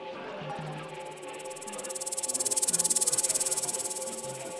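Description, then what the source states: Insect chirping, a continuous fast high pulsed trill that swells louder midway, over a low steady hum. Confined insects.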